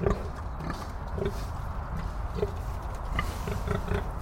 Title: Pig Vocalizations